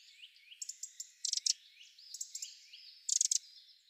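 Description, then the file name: Eurasian wren with high chirps and short upslurred notes, punctuated by two fast clusters of sharp, rattling ticks about two seconds apart. "Troglodytes troglodytes"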